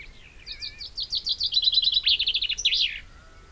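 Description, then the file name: Common chaffinch song: a quick series of bright repeated notes speeding into a descending trill, closing with a sharp flourish, with a faint thin whistle from another bird. "Fringilla coelebs"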